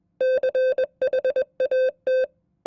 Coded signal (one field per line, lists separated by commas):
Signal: Morse code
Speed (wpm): 21 wpm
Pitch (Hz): 520 Hz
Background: none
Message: CHAT